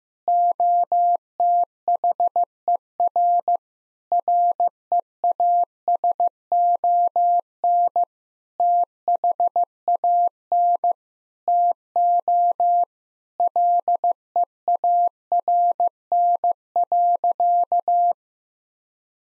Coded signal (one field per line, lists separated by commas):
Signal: Morse code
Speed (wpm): 14 wpm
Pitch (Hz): 700 Hz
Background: none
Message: OTHER REASON THAN TO LEARN.